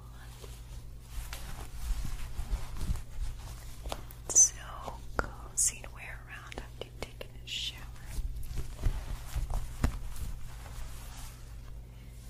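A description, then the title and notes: A scalp massage: fingers rubbing and scratching through hair make soft, uneven rustling with frequent brief crackles and taps. Several sharper bright scrapes stand out near four and six seconds. A steady low hum runs underneath throughout. ASMR Scalp Massage of Dreams.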